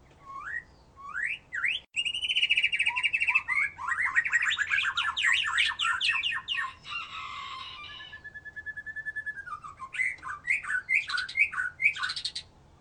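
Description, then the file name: White-rumped shama song with rising whistles, a long buzzy harsh passage, a sustained flat whistle, then a series of quick repeated notes. "murai batu"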